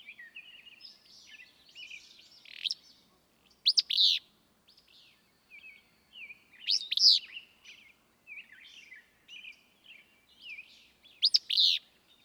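Willow flycatcher song: a short, explosive buzzy phrase repeated roughly every three to four seconds, over softer twittering and chirping.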